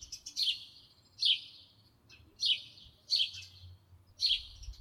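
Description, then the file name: House sparrow chirping: five bright, short chirps at uneven intervals, with only a faint low hum behind. "Домовой Воробей"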